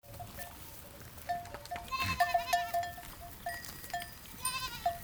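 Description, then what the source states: Goat bleats rise briefly over steady ringing bells, a wavering call near the middle and another toward the end. Goats grazing.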